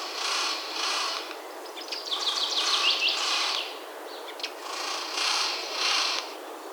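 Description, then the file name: Eurasian Jay calling with hoarse, noisy screeches, paired bursts at the start and end, and a quick ticking, rattling series in the middle. "Garrulus glandarius"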